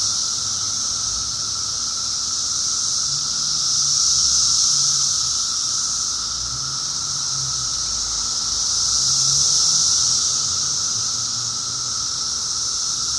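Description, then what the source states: Cicadas, a dense high-pitched whirring chorus rising to two slow peaks of loudness, with faint low rumbles underneath. Recorded in 2004.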